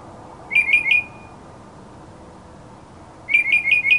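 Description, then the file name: Mockingbird song in two short bursts of three to four quick, slurred whistled notes, with a pause of over two seconds between phrases and quiet hiss behind. Labelled a 'masteran' (tutor) sound recording of a mockingbird. "suara masteran mockingbird"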